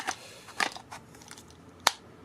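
A plastic attachment is lined up by its arrow marks and pushed onto the body of a small handheld Honkyob keyboard vacuum. Soft scraping and handling noises are followed by a sharp, loud snap at 1.9 s as the attachment seats in place.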